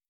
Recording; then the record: hydrophone in a shrimp aquaculture tank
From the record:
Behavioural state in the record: starved